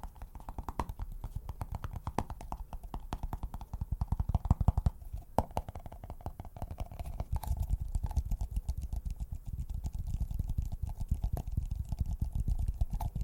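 Fast, dense tapping runs throughout, dull and low, with sharper clicks scattered in and a brief louder burst near five seconds.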